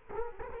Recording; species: mosquito wingbeat signal from an infrared sensor; Culex quinquefasciatus